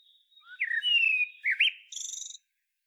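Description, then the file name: Common blackbird giving a single phrase: a smooth, rising then level whistle and a short looping note, ending in a brief buzzy high trill. "Turdus merula"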